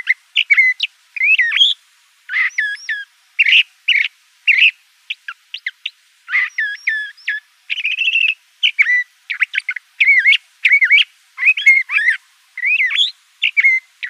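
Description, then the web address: Le Conte's thrasher song: a long run of varied, rapid phrases, mixing sharp chirps, slurred whistles and short buzzy notes, each phrase changing, on a quiet background. Recorded in Arizona. "Mimids LCTH. deviche"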